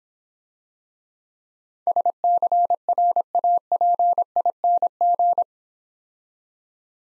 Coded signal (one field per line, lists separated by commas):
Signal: Morse code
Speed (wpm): 26 wpm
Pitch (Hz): 700 Hz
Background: none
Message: SCRAPING